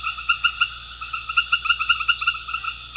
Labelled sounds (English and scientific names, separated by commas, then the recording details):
none
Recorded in pastures near Puerto Asís, Putumayo, Colombia, on 8 March 2025 at 20:00
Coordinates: 0.502, -76.324
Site GP07